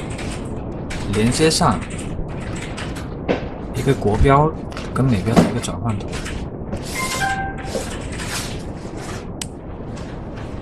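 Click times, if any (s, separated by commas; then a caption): 9.4 s. Someone talks while a headphone plug is pushed firmly into a plug-standard adapter for converting between national and US standards. A sharp, short hit is heard at 9.4 s as the plug seats in the adapter.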